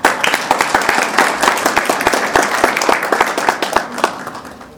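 audience applause

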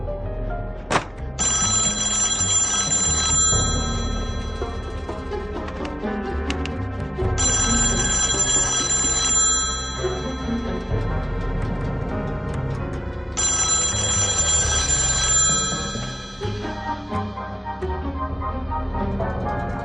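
telephone ringing

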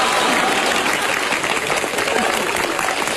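audience applause

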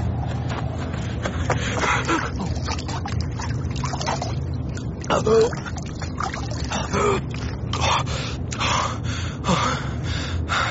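splashing water

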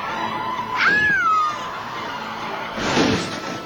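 cat meowing

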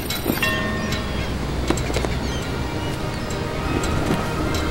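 ocean waves

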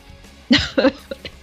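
cough

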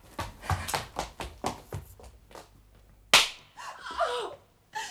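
slap across the face

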